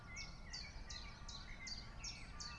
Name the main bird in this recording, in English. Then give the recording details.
Common Chiffchaff. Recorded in Germany. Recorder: ecoPi